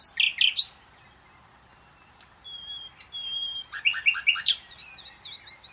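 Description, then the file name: Common nightingale song fragments: sharp loud notes, a pause with thin whistles, then a burst of rapid notes and slurred calls. "Luscinia megarhynchos"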